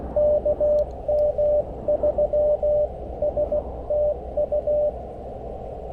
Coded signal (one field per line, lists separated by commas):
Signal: Morse code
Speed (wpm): 19 wpm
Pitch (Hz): 600 Hz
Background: radio noise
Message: KM3S TU